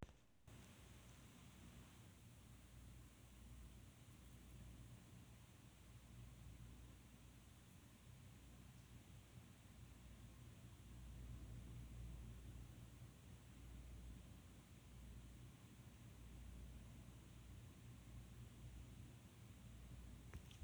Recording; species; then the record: mobile phone recording; none (background)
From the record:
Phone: Google Nexus